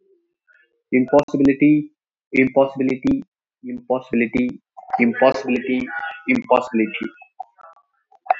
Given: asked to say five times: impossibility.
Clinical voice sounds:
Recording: repeated word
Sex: male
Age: 30 to 39 years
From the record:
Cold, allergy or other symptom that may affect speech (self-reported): no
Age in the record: 32 years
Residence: India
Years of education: 10

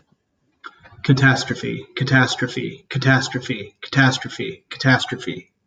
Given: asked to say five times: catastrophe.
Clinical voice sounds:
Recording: repeated word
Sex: male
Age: 30 to 39 years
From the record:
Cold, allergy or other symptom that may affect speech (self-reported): no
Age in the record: 32 years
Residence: Kansas, United States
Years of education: 16

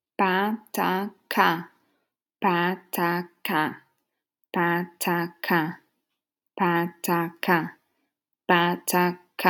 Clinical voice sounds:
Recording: repeated syllables /pa ta ka/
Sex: female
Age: 30 to 39 years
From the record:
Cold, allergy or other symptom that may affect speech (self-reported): no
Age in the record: 37 years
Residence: Florida, United States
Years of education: 16

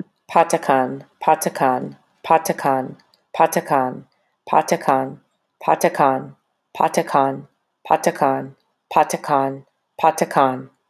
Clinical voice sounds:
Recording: repeated syllables /pa ta ka/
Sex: female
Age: 30 to 39 years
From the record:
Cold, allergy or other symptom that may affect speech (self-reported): no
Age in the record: 31 years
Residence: Tennessee, United States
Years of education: 12

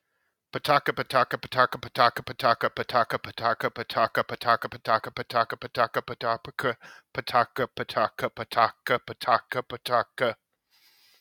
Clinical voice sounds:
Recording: repeated syllables /pa ta ka/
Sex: male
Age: 40 to 49 years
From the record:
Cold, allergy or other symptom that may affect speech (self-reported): no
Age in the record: 43 years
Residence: Virginia, United States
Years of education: 17

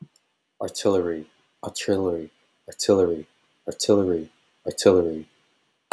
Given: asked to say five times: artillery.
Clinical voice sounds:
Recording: repeated word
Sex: male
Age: 40 to 49 years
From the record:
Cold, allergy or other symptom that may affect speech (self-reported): no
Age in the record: 42 years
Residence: California, United States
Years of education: 16

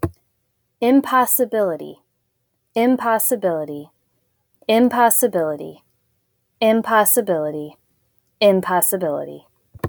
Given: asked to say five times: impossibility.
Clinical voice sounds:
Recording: repeated word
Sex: female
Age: 30 to 39 years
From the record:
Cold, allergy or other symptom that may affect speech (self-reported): no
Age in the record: 35 years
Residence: Illinois, United States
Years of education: 22

